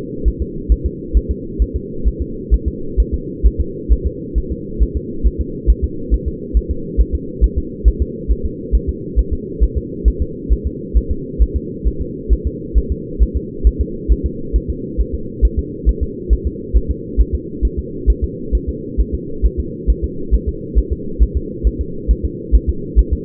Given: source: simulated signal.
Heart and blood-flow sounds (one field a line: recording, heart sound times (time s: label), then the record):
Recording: fetal heart sounds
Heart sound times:
0.28 s: S1
0.42 s: S2
0.72 s: S1
0.86 s: S2
1.17 s: S1
1.31 s: S2
1.62 s: S1
1.76 s: S2
2.08 s: S1
2.22 s: S2
2.54 s: S1
2.68 s: S2
3.00 s: S1
3.14 s: S2
3.46 s: S1
3.61 s: S2
3.92 s: S1
4.07 s: S2
4.38 s: S1
4.52 s: S2
4.82 s: S1
4.97 s: S2
5.27 s: S1
5.41 s: S2
5.70 s: S1
5.84 s: S2
6.14 s: S1
6.28 s: S2
6.57 s: S1
6.71 s: S2
7.01 s: S1
7.15 s: S2
7.44 s: S1
7.58 s: S2
7.88 s: S1
8.02 s: S2
8.31 s: S1
8.45 s: S2
8.75 s: S1
8.89 s: S2
9.19 s: S1
9.33 s: S2
9.63 s: S1
9.77 s: S2
10.08 s: S1
10.22 s: S2
10.52 s: S1
10.67 s: S2
10.97 s: S1
11.11 s: S2
11.42 s: S1
11.56 s: S2
11.88 s: S1
12.02 s: S2
12.33 s: S1
12.47 s: S2
12.78 s: S1
12.92 s: S2
13.22 s: S1
13.37 s: S2
13.67 s: S1
13.81 s: S2
14.12 s: S1
14.26 s: S2
14.56 s: S1
14.70 s: S2
15.00 s: S1
15.15 s: S2
15.45 s: S1
15.59 s: S2
15.89 s: S1
16.03 s: S2
16.33 s: S1
16.47 s: S2
16.77 s: S1
16.91 s: S2
17.20 s: S1
17.35 s: S2
17.65 s: S1
17.79 s: S2
18.10 s: S1
18.24 s: S2
18.55 s: S1
18.69 s: S2
19.00 s: S1
19.15 s: S2
19.46 s: S1
19.60 s: S2
19.90 s: S1
20.04 s: S2
20.34 s: S1
20.49 s: S2
20.78 s: S1
20.93 s: S2
21.23 s: S1
21.37 s: S2
21.67 s: S1
21.81 s: S2
22.11 s: S1
22.25 s: S2
22.55 s: S1
22.70 s: S2
22.99 s: S1
23.13 s: S2
From the record:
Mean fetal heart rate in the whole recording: 135 bpm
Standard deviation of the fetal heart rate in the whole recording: 3 bpm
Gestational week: 34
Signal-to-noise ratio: -4.3 dB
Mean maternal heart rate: 72 bpm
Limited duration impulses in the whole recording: absent